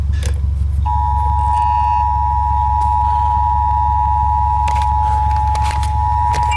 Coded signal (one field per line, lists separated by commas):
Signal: Emergency Alert System (SAME) tones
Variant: 853 and 960 Hz attention tone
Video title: MOUNTAIN VIEW... EAS Alerts from 5/3/22 (EAS #6,789 - 6,800)